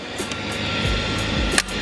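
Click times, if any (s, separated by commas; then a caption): 1.6 s. A plastic wiring connector in a car's gauge wiring harness is pulled out while its top locking tab is pressed down, against a steady background hum. It releases with a sharp pop at 1.6 s.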